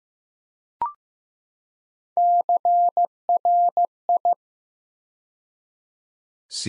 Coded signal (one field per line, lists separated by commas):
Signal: Morse code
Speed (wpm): 15 wpm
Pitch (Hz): 700 Hz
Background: none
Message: CRI